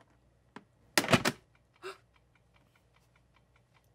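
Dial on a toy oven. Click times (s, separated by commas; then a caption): 1.0 s. The dial on a plastic toy mini oven, with dough inside and its door closed, is turned until it clicks into place at 0.9 s with a loud, heavy clunk, followed by a short burst of rattling, a softer thump, and a steady faint ticking. The dial is seated and the oven's timer starts.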